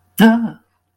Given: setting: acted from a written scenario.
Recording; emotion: vocal sound without words; fear